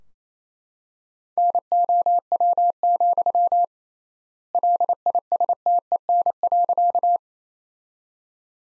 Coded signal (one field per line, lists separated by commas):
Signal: Morse code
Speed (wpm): 28 wpm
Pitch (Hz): 700 Hz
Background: none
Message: NOW, LISTEN.